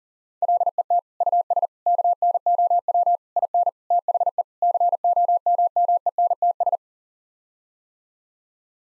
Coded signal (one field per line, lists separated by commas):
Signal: Morse code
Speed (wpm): 40 wpm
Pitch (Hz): 700 Hz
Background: none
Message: LET US KNOW IN THE COMMENTS